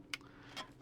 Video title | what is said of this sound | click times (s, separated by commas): Agora AH-64D Apache Longbow 1/24 model build, pack 9. | Clicks into place a little bit. Yeah. | 0.1 s